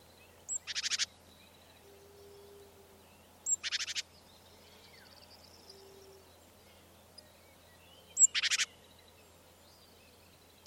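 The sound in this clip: Great tit giving three short, harsh, buzzy rattling bursts a few seconds apart and the start of a fourth, with faint thin notes between them.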